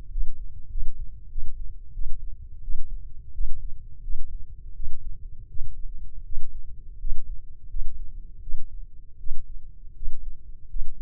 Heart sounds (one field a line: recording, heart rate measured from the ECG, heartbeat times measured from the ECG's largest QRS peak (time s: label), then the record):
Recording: heart sounds by microphone in the left ear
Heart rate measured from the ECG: 85 bpm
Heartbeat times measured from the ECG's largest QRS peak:
0.10 s: heartbeat
0.69 s: heartbeat
1.29 s: heartbeat
1.93 s: heartbeat
2.62 s: heartbeat
3.32 s: heartbeat
4.02 s: heartbeat
4.74 s: heartbeat
5.48 s: heartbeat
6.24 s: heartbeat
6.98 s: heartbeat
7.68 s: heartbeat
8.41 s: heartbeat
9.18 s: heartbeat
9.94 s: heartbeat
10.68 s: heartbeat
From the record:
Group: healthy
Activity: rest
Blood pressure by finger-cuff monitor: 176/100 mmHg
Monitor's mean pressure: 120 mmHg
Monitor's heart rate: 85 bpm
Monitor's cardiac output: 6.8 L/min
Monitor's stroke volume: 81 mL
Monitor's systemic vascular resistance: 1300 dyn s/cm5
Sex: male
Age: 21 years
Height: 180 cm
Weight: 67.5 kg